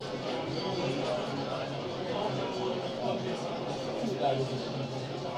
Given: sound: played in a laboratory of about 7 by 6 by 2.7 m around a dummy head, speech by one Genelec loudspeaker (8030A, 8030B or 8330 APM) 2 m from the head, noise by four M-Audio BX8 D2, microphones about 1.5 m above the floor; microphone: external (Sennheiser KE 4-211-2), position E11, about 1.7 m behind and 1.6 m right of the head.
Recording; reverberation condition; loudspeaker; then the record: cafeteria noise; low; four, about 170 cm from the corners of the room and facing them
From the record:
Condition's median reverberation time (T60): about 310 ms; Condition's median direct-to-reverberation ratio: about 3.5 dB